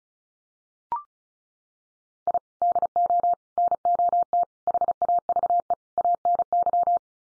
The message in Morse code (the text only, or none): I DO NOT HAVE ANY